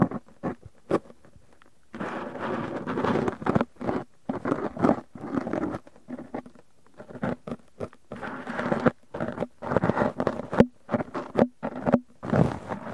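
Cotton and tweezers make dense, scratchy rustling in bursts, with short pauses between strokes and a few sharp clicks near the start. The sound keeps changing, busy and bright with a low thump running under it, and it carries on like this to the end.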